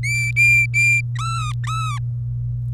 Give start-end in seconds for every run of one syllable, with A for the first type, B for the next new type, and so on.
0.03-1.01 A, 1.15-1.99 B